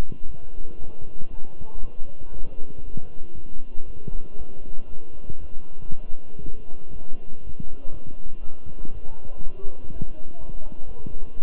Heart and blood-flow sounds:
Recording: heart sounds by stethoscope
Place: between the tricuspid and mitral areas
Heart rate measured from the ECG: 119 bpm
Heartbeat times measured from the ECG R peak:
0.25 s: heartbeat
0.78 s: heartbeat
1.30 s: heartbeat
1.81 s: heartbeat
2.32 s: heartbeat
2.84 s: heartbeat
3.35 s: heartbeat
3.86 s: heartbeat
4.37 s: heartbeat
4.88 s: heartbeat
5.39 s: heartbeat
5.90 s: heartbeat
6.40 s: heartbeat
6.92 s: heartbeat
7.43 s: heartbeat
7.92 s: heartbeat
8.42 s: heartbeat
8.93 s: heartbeat
9.42 s: heartbeat
9.91 s: heartbeat
10.39 s: heartbeat
10.87 s: heartbeat
11.35 s: heartbeat
From the record:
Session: walking at 3.7 km/h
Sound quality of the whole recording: good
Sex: male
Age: 23 years

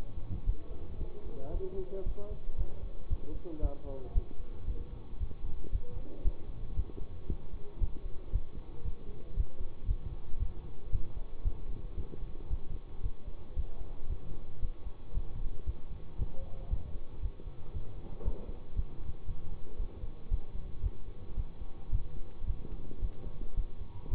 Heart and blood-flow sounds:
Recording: heart sounds by stethoscope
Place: between the tricuspid and mitral areas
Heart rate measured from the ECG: 114 bpm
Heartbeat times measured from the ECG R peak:
0.44 s: heartbeat
0.98 s: heartbeat
1.51 s: heartbeat
2.03 s: heartbeat
2.56 s: heartbeat
3.08 s: heartbeat
3.60 s: heartbeat
4.12 s: heartbeat
4.65 s: heartbeat
5.18 s: heartbeat
5.70 s: heartbeat
6.22 s: heartbeat
6.74 s: heartbeat
7.27 s: heartbeat
7.78 s: heartbeat
8.30 s: heartbeat
8.82 s: heartbeat
9.34 s: heartbeat
9.85 s: heartbeat
10.37 s: heartbeat
10.90 s: heartbeat
11.42 s: heartbeat
11.95 s: heartbeat
12.48 s: heartbeat
13.01 s: heartbeat
13.54 s: heartbeat
14.07 s: heartbeat
14.60 s: heartbeat
15.12 s: heartbeat
15.64 s: heartbeat
16.16 s: heartbeat
16.68 s: heartbeat
17.20 s: heartbeat
17.72 s: heartbeat
18.23 s: heartbeat
18.74 s: heartbeat
19.26 s: heartbeat
19.77 s: heartbeat
20.29 s: heartbeat
20.81 s: heartbeat
21.35 s: heartbeat
21.90 s: heartbeat
22.45 s: heartbeat
23.00 s: heartbeat
23.55 s: heartbeat
24.09 s: heartbeat
From the record:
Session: bicycle stress test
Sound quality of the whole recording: good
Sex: male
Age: 24 years

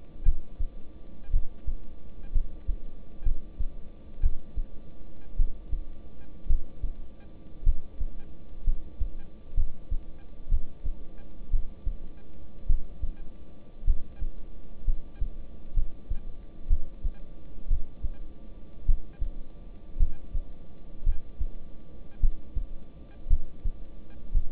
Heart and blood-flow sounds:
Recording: heart sounds by stethoscope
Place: between the tricuspid and mitral areas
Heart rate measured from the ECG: 57 bpm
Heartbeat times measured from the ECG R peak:
0.23 s: heartbeat
1.31 s: heartbeat
2.33 s: heartbeat
3.24 s: heartbeat
4.21 s: heartbeat
5.37 s: heartbeat
6.47 s: heartbeat
7.64 s: heartbeat
8.65 s: heartbeat
9.55 s: heartbeat
10.49 s: heartbeat
11.51 s: heartbeat
12.67 s: heartbeat
13.85 s: heartbeat
14.85 s: heartbeat
15.74 s: heartbeat
16.68 s: heartbeat
17.68 s: heartbeat
18.86 s: heartbeat
19.98 s: heartbeat
21.04 s: heartbeat
22.20 s: heartbeat
23.28 s: heartbeat
24.32 s: heartbeat
From the record:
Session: rest, lying down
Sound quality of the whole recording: good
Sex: male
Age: 26 years

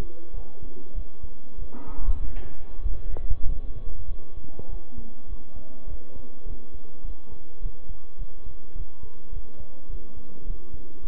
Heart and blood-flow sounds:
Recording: heart sounds by stethoscope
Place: between the tricuspid and mitral areas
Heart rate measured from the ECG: 101 bpm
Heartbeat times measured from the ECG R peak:
0.32 s: heartbeat
0.94 s: heartbeat
1.57 s: heartbeat
2.21 s: heartbeat
2.83 s: heartbeat
3.45 s: heartbeat
4.07 s: heartbeat
4.68 s: heartbeat
5.27 s: heartbeat
5.86 s: heartbeat
6.45 s: heartbeat
7.03 s: heartbeat
7.60 s: heartbeat
8.17 s: heartbeat
8.74 s: heartbeat
9.31 s: heartbeat
9.88 s: heartbeat
10.45 s: heartbeat
11.02 s: heartbeat
From the record:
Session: bicycle stress test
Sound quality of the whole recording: good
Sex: male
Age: 23 years

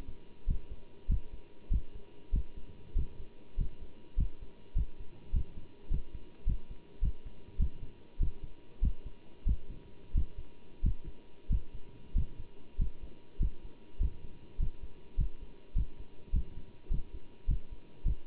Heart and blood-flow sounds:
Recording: heart sounds by stethoscope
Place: between the tricuspid and mitral areas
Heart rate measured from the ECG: 99 bpm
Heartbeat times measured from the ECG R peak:
0.49 s: heartbeat
1.11 s: heartbeat
1.72 s: heartbeat
2.34 s: heartbeat
2.97 s: heartbeat
3.59 s: heartbeat
4.19 s: heartbeat
4.77 s: heartbeat
5.35 s: heartbeat
5.92 s: heartbeat
6.48 s: heartbeat
7.04 s: heartbeat
7.61 s: heartbeat
8.21 s: heartbeat
8.84 s: heartbeat
9.48 s: heartbeat
10.16 s: heartbeat
10.85 s: heartbeat
11.52 s: heartbeat
12.17 s: heartbeat
12.80 s: heartbeat
13.42 s: heartbeat
14.02 s: heartbeat
14.61 s: heartbeat
15.20 s: heartbeat
15.77 s: heartbeat
16.35 s: heartbeat
16.92 s: heartbeat
17.50 s: heartbeat
18.07 s: heartbeat
From the record:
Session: bicycle stress test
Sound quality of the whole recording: good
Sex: male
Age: 27 years

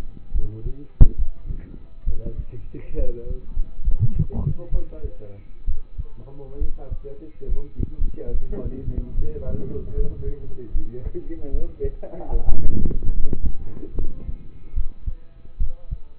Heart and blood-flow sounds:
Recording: heart sounds by stethoscope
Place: between the tricuspid and mitral areas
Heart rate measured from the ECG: 71 bpm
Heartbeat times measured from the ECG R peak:
0.32 s: heartbeat
1.16 s: heartbeat
2.04 s: heartbeat
2.96 s: heartbeat
3.82 s: heartbeat
4.70 s: heartbeat
5.65 s: heartbeat
6.58 s: heartbeat
7.46 s: heartbeat
8.31 s: heartbeat
9.15 s: heartbeat
9.94 s: heartbeat
10.72 s: heartbeat
11.51 s: heartbeat
12.29 s: heartbeat
13.14 s: heartbeat
13.95 s: heartbeat
14.74 s: heartbeat
15.58 s: heartbeat
From the record:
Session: rest, lying down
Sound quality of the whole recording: partially saturated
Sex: male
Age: 27 years

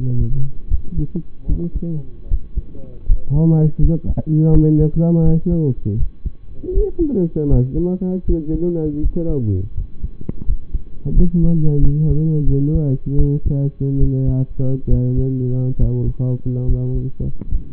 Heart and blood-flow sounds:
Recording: heart sounds by stethoscope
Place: between the tricuspid and mitral areas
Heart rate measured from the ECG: 79 bpm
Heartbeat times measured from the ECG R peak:
0.68 s: heartbeat
1.46 s: heartbeat
2.28 s: heartbeat
3.05 s: heartbeat
3.79 s: heartbeat
4.50 s: heartbeat
5.22 s: heartbeat
5.96 s: heartbeat
6.71 s: heartbeat
7.47 s: heartbeat
8.24 s: heartbeat
9.00 s: heartbeat
9.74 s: heartbeat
10.44 s: heartbeat
11.13 s: heartbeat
11.79 s: heartbeat
12.44 s: heartbeat
13.15 s: heartbeat
13.98 s: heartbeat
14.87 s: heartbeat
15.77 s: heartbeat
16.65 s: heartbeat
17.48 s: heartbeat
From the record:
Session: rest, lying down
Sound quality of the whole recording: partially saturated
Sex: male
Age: 25 years

